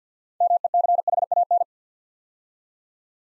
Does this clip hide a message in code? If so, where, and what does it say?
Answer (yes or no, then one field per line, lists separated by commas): yes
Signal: Morse code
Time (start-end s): 0.4-1.6 s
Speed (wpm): 52 wpm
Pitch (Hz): 700 Hz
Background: none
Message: MECHAN